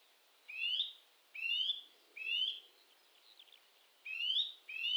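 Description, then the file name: Eurasian nuthatch calls: loud, upslurred whistled notes, five in all, given roughly one per second with a brief pause in the middle. "Sitta europaea"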